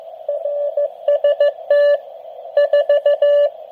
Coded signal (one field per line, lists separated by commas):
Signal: Morse code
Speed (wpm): 15 wpm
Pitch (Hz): 580 Hz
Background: radio noise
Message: RST 4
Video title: G3WZD QRP QSO